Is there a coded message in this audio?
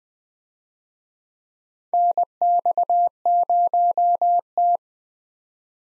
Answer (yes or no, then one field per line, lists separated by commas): yes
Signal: Morse code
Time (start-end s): 1.9-4.8 s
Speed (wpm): 20 wpm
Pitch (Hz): 700 Hz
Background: none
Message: NX0T